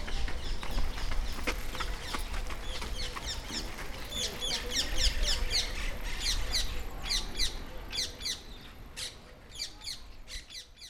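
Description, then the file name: Rose-ringed parakeet giving shrill, harsh screeches repeated rapidly in bursts through most, over a steady low rumble of background noise. "freesound cotorra"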